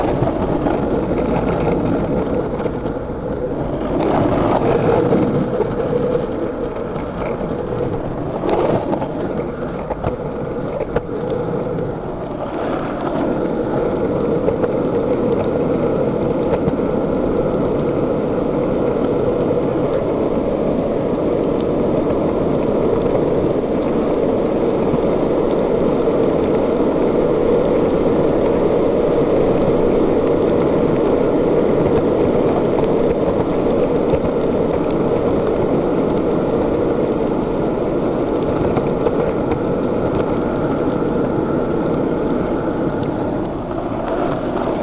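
Skateboard wheels roll steadily over pavement, a continuous low rumble and grind that hardly lets up for the full stretch. Early on, in the first dozen seconds, a few sharper bumps and clatters break through, likely cracks or joints in the path, before the ride settles into an even roll.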